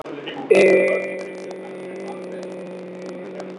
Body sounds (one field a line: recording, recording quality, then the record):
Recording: sustained vowel as in made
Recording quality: poor, much background noise or distortion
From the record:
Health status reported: healthy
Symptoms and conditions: none ticked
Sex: male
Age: 30 years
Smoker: not ticked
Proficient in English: yes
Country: India